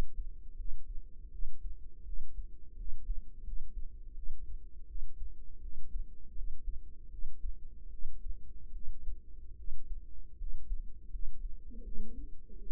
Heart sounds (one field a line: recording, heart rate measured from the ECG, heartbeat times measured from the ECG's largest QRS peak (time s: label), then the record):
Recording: heart sounds by microphone in the right ear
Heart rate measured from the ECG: 80 bpm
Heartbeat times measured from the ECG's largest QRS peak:
0.55 s: heartbeat
1.29 s: heartbeat
2.03 s: heartbeat
2.74 s: heartbeat
3.42 s: heartbeat
4.13 s: heartbeat
4.85 s: heartbeat
5.59 s: heartbeat
6.33 s: heartbeat
7.08 s: heartbeat
7.88 s: heartbeat
8.71 s: heartbeat
9.54 s: heartbeat
10.35 s: heartbeat
11.09 s: heartbeat
11.82 s: heartbeat
12.57 s: heartbeat
From the record:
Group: healthy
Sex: female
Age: 19 years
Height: 163 cm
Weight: 48.9 kg